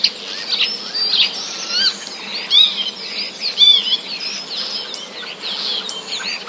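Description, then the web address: Common starling song with steady twittering chatter, scratchy notes and a few clear whistles standing out around the middle. Song containing mimicry of other songbirds' sounds. "wroblowe zapozyczenia szpaki"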